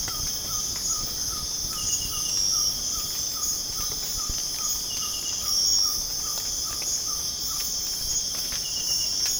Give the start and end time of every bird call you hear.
0.01s-7.67s: bird call

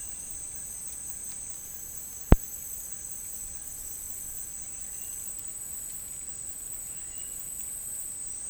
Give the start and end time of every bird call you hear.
0.00s-8.50s: bird call

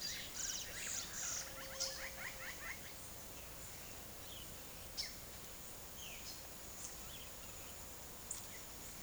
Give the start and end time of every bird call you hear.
0.00s-2.80s: bird call
4.28s-4.42s: bird call
4.88s-5.04s: bird call
5.85s-6.41s: bird call
6.99s-8.70s: bird call

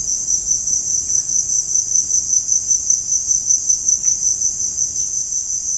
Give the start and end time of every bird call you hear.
0.18s-1.35s: bird call

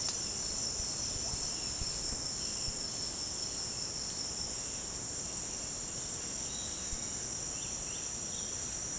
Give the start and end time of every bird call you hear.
0.00s-4.98s: bird call
6.42s-8.99s: bird call

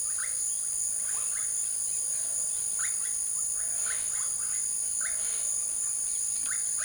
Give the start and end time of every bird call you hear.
0.00s-6.85s: bird call

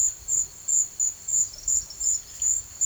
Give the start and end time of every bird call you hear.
1.35s-2.39s: bird call

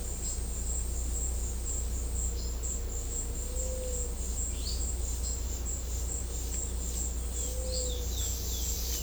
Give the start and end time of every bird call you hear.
3.41s-4.07s: bird call
4.54s-4.86s: bird call
7.25s-9.02s: bird call

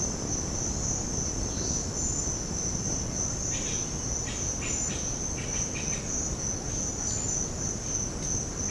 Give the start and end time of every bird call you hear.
3.35s-6.01s: bird call
7.01s-7.44s: bird call

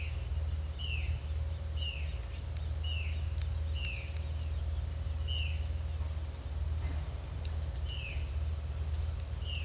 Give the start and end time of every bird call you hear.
0.00s-4.32s: bird call
5.37s-5.96s: bird call
7.97s-8.43s: bird call

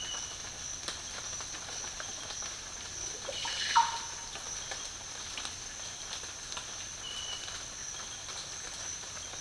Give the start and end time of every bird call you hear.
3.23s-4.12s: bird call

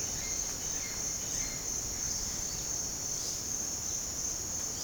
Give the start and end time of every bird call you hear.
0.00s-1.70s: bird call

